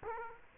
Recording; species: mosquito wingbeat signal from an infrared sensor; Culex quinquefasciatus